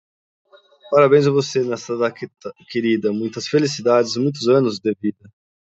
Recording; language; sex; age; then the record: short text; Brazilian Portuguese; male; 30 to 39 years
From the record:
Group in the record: control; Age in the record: 33 years